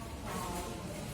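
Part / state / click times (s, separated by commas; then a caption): electrical connector into an engine management sensor/component socket / not seated / none. An electrical connector is handled in an awkward, hard-to-reach spot as it is worked toward the socket of an engine management sensor or component. Only a steady, even background noise is heard with no sharp sounds, and the connector has not seated or clicked in yet.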